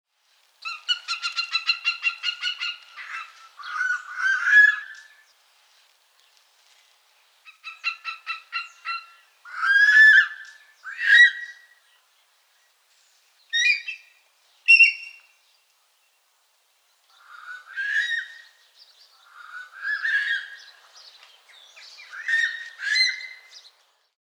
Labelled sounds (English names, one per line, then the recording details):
Greater Spotted Eagle
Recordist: Tembrock, Günter
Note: Rufreihen